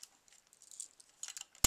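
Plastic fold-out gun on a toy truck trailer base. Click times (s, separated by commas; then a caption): 1.6 s. A small plastic fold-out gun turret on a toy truck trailer base is folded back down into its stowed position, making faint light rattles and ticks between about 0.8 and 1.4 seconds. A sharp, loud click at 1.7 s marks the turret locking into place.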